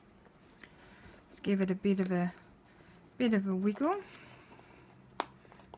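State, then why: Seated. A metal fastener post is wiggled through the aligned punched holes in the layers of a leather tote until it pushes through. Someone talks, then a sharp click at 5.2 s marks the post seating through the leather holes, followed by a few faint ticks.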